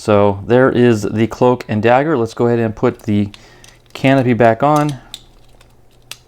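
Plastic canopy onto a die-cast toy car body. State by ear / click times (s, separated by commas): not seated / none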